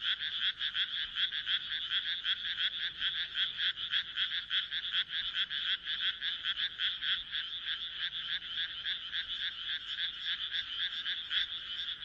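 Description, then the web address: Massed frogs croaking in a fast, throbbing pulse, the chorus unbroken and fairly even in strength. "kaeru kaeru"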